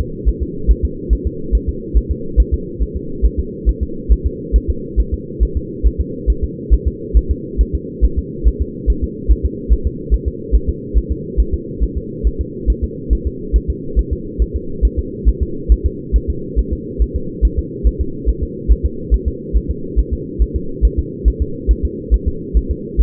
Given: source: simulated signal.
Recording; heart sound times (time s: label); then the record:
fetal heart sounds
0.00 s: S2
0.28 s: S1
0.42 s: S2
0.71 s: S1
0.85 s: S2
1.13 s: S1
1.27 s: S2
1.55 s: S1
1.69 s: S2
1.97 s: S1
2.11 s: S2
2.40 s: S1
2.54 s: S2
2.82 s: S1
2.97 s: S2
3.25 s: S1
3.39 s: S2
3.69 s: S1
3.83 s: S2
4.12 s: S1
4.26 s: S2
4.56 s: S1
4.70 s: S2
5.00 s: S1
5.14 s: S2
5.43 s: S1
5.57 s: S2
5.87 s: S1
6.00 s: S2
6.30 s: S1
6.44 s: S2
6.73 s: S1
6.88 s: S2
7.17 s: S1
7.31 s: S2
7.61 s: S1
7.75 s: S2
8.05 s: S1
8.19 s: S2
8.48 s: S1
8.62 s: S2
8.90 s: S1
9.04 s: S2
9.31 s: S1
9.45 s: S2
9.73 s: S1
9.87 s: S2
10.14 s: S1
10.28 s: S2
10.55 s: S1
10.69 s: S2
10.97 s: S1
11.12 s: S2
11.40 s: S1
11.54 s: S2
11.83 s: S1
11.97 s: S2
12.27 s: S1
12.41 s: S2
12.70 s: S1
12.84 s: S2
13.13 s: S1
13.27 s: S2
13.56 s: S1
13.70 s: S2
13.99 s: S1
14.13 s: S2
14.42 s: S1
14.56 s: S2
14.85 s: S1
14.99 s: S2
15.29 s: S1
15.43 s: S2
15.72 s: S1
15.86 s: S2
16.16 s: S1
16.30 s: S2
16.59 s: S1
16.73 s: S2
17.02 s: S1
17.16 s: S2
17.45 s: S1
17.59 s: S2
17.87 s: S1
18.01 s: S2
18.29 s: S1
18.43 s: S2
18.72 s: S1
18.85 s: S2
19.14 s: S1
19.28 s: S2
19.56 s: S1
19.70 s: S2
19.99 s: S1
20.13 s: S2
20.42 s: S1
20.56 s: S2
20.85 s: S1
20.99 s: S2
21.28 s: S1
21.42 s: S2
21.71 s: S1
21.85 s: S2
22.14 s: S1
22.28 s: S2
22.57 s: S1
22.71 s: S2
23.01 s: S1
From the record:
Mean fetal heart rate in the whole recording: 140 bpm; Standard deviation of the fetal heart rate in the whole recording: 2 bpm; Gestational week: 34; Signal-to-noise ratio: -4.3 dB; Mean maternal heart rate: 72 bpm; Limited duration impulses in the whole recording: absent